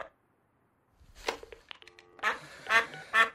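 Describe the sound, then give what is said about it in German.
A duck wandering around inside a room with closed windows quacks four times in nasal, raspy bursts, the first one isolated and the last three coming closer together and louder, with faint clattering and rustling between the calls. “Hier läuft eine Ente rum.”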